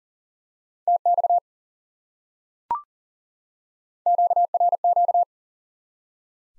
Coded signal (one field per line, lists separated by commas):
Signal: Morse code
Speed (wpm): 40 wpm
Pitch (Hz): 700 Hz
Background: none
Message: TX QRQ